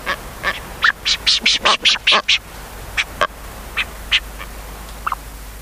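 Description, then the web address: Brown booby producing a rapid string of rough, nasal honks, followed by fainter, spaced single calls. "sikioto. katsuodori"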